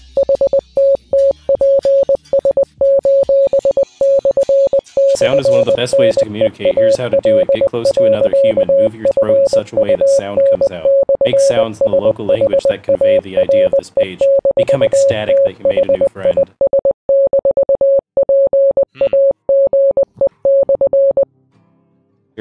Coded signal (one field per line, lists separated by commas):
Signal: Morse code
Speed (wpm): 20 wpm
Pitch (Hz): 550 Hz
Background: speech, radio noise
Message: HTTPS://NEAL.FUN/SHARE-THIS-PAGE/